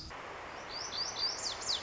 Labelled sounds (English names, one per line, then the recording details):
Lazuli Bunting
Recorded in Sonoma County, California